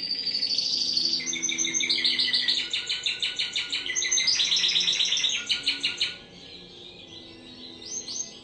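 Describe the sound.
Bird song of dense rapid trills and chatter for about six seconds, followed by quieter scattered high notes.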